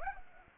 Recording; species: mosquito wingbeat signal from an infrared sensor; Anopheles arabiensis